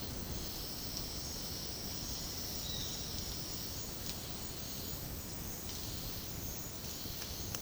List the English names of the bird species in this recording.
none